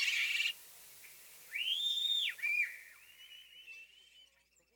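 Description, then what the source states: European Starling whistles: a harsh burst, then a long slurred whistle rising and falling, a short sharp note and a fading level whistle. Several starlings giving typical complex vocalizations: high-pitched squeaky squeals, wolf whistles, garbled clucks and clicks; wolf whistle notes aid recognition.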